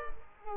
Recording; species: mosquito wingbeat signal from an infrared sensor; Culex quinquefasciatus